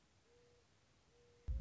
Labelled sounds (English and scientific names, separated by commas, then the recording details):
Mourning Dove (Zenaida macroura)
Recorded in Sonoma County, California